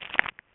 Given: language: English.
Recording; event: throat vibration sensor signal played as sound; swallow